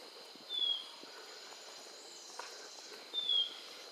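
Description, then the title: Blue-naped Chlorophonia giving two thin, high, slightly falling whistled notes about two and a half seconds apart. "LuckyPassaro Completos2Sama. Blue-naped Chlorophonia (Chlorophonia cyanea)"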